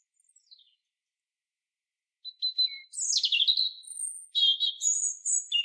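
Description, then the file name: European robin singing: faint soft notes, then a rich run of high, sharp trills and sustained whistles changing pitch rapidly. "Erithacus rubecula"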